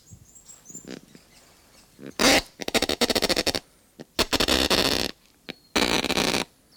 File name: kakapo